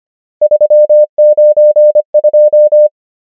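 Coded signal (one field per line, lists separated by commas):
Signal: Morse code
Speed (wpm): 25 wpm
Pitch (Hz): 600 Hz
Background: none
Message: 3 9 2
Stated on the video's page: Morse practice drill of numbers at 25 wpm character speed and 25 wpm word speed.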